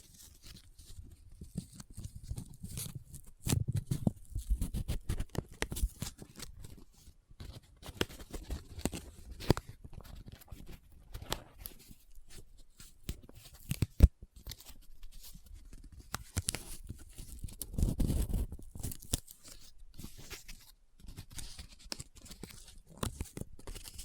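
Paper is handled up close: folded, rubbed and crinkled in irregular bursts of dry rustling and scratching. Busier stretches come around 3–6 and 17–19 seconds, with a sharp snap near 14 seconds and quieter pauses between.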